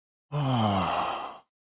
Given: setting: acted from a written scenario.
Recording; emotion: vocal sound without words; adoration